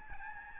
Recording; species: mosquito wingbeat signal from an infrared sensor; Aedes albopictus